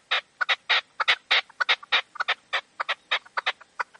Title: Canto de Perdiz. CANTO DE LA PERDIZ